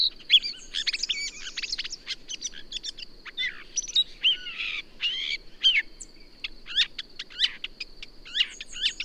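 Bird song: a dense run of quick chirps, trills and sweeping whistles over a steady high whine throughout.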